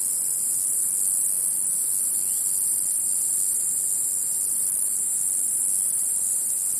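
Cicada song: a sustained shrill drone at an even level from start to finish.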